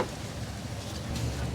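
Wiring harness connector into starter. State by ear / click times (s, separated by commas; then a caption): not seated / none. A plastic wiring harness connector with a broken tab is slid up onto the newly replaced starter of a 5.3L V8 on a 2014–2019 GM truck (GMC Sierra, Yukon XL, Chevy Silverado, Suburban or Tahoe). Only a steady, low, noisy rustle is heard, with no distinct click or sharp transient. The connector has not seated or clicked into place yet.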